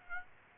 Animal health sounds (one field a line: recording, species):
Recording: mosquito wingbeat signal from an infrared sensor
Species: Aedes aegypti